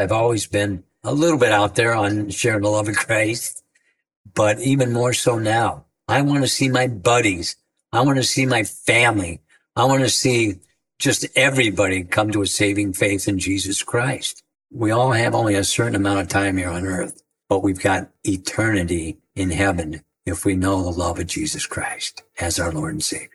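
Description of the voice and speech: A low-pitched adult man with ALS, diagnosed about four years earlier and whose body is now shutting down, speaks in short phrases separated by frequent pauses, with a nasal, somewhat flat and effortful voice and slightly blurred consonants. These are mild speech changes of dysarthria from ALS, though the words remain understandable.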